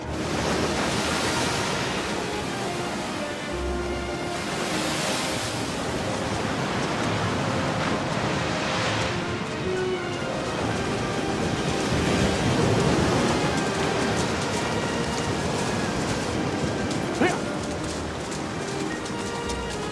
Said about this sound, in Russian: Позади них белые волны моря разбиваются о берег.